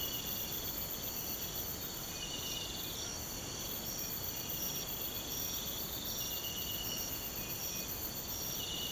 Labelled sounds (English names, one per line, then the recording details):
none
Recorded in pastures near Puerto Asís, Putumayo, Colombia, on 21 March 2025 at 05:30
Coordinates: 0.472, -76.329
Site G074